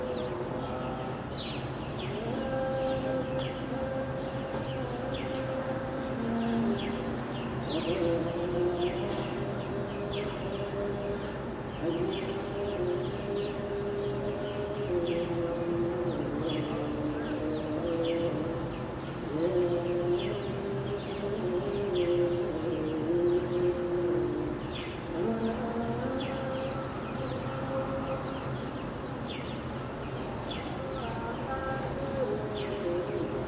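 Chanting from a nearby Orthodox church's daily mass carries steadily over a low, constant hum of distant traffic, the voices holding and sliding between long sustained notes. Birds chirp frequently in short bright bursts throughout, at an even level.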